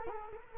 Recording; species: mosquito wingbeat signal from an infrared sensor; Culex quinquefasciatus